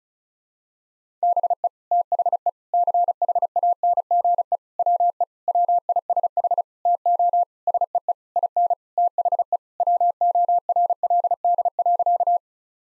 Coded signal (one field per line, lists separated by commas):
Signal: Morse code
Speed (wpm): 36 wpm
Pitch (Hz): 700 Hz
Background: none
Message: BE THE CHANGE WE WISH TO SEE IN THE WORLD.